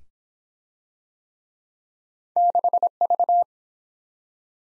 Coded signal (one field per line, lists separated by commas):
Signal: Morse code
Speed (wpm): 22 wpm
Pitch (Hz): 700 Hz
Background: none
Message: 6V